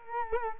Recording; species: mosquito wingbeat signal from an infrared sensor; Culex quinquefasciatus